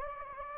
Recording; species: mosquito wingbeat signal from an infrared sensor; Anopheles gambiae